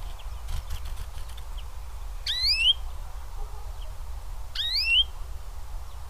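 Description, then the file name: European greenfinch calling twice, each call a wheezy, upward-sweeping note, spaced about two seconds apart against a constant low background rumble. "Chloris chloris"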